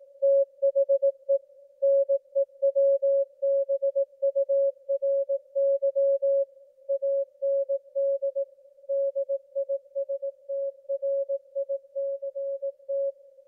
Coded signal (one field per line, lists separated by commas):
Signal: Morse code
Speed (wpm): 18 wpm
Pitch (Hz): 550 Hz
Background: music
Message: THE NEWBURY AND DISTRICT